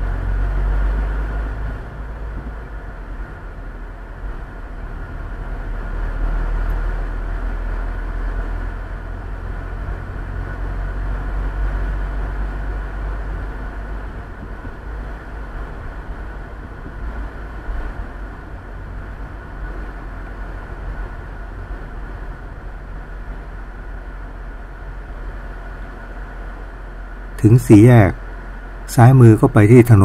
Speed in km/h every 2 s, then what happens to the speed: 24, 26, 27, 28, 30, 32, 34, 34, 34, 34, 32, 26, 21, 17, 14.
0-11 speeds up to 34. 11-18 steady at about 34. 18-30 slows to 14.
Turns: none.